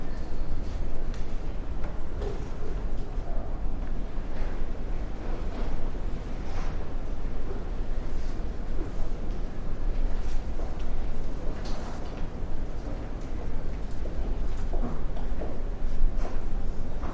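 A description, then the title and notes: Library ambience: a steady low rumble of murmuring voices and movement fills the whole stretch without pause. Brief brighter knocks and shuffles poke through every second or two, with a few sharper clicks near the six, ten and twelve second marks. Library Ambience.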